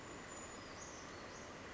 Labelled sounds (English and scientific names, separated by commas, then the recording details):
Brown Creeper (Certhia americana)
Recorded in Sonoma County, California